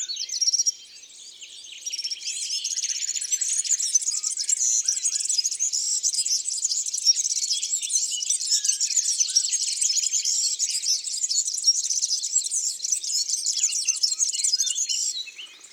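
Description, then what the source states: European serin song: a sustained, very high, rapid jingling twitter that runs almost unbroken for about fourteen seconds after a short opening burst. Isère, France.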